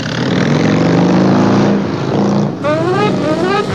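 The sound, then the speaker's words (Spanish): A motorcycle is started and its engine rumbles loudly and steadily, then revs harder, its whine climbing in pitch as it accelerates away heading west. “El último huésped arrancó la moto y se alejó hacia Poniente, buscando la luz.”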